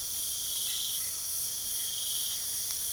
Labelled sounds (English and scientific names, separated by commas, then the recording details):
none
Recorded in pastures near Puerto Asís, Putumayo, Colombia, on 8 March 2025 at 01:00
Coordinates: 0.497, -76.327
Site G072